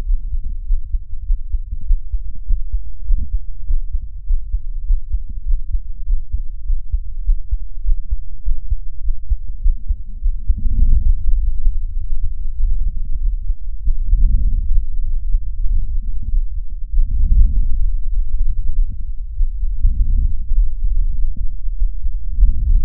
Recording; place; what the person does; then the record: lung sounds by stethoscope; right anterior apical chest; quiet breathing, then deep breathing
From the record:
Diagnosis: interstitial lung disease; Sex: female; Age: 70 years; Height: 160 cm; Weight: 93 kg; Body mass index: 36.3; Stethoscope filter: bell mode